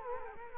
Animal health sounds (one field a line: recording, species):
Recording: mosquito wingbeat signal from an infrared sensor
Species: Culex quinquefasciatus